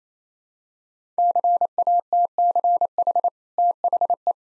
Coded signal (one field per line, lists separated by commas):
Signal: Morse code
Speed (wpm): 28 wpm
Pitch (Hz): 700 Hz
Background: none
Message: CATCH THE